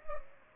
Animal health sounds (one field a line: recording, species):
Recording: mosquito wingbeat signal from an infrared sensor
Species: Culex pipiens